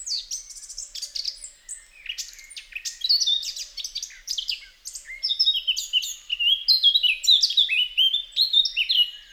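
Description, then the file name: Eurasian blackcap song, a rich, fast warble of varied whistled and chattering notes that runs almost continuously and grows louder and fuller toward the end. "Sylvia atricapilla"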